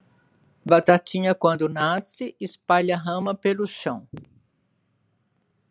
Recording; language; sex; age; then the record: short text; Brazilian Portuguese; female; 70 to 79 years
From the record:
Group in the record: control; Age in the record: 70 years